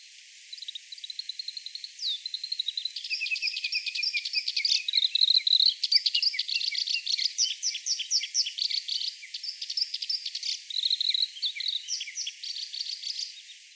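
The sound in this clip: Black-browed reed warbler song: a rapid, varied chatter of high clicks, short whistles and buzzy phrases, running almost continuously without pause.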